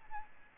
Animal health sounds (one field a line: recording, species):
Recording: mosquito wingbeat signal from an infrared sensor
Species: Aedes albopictus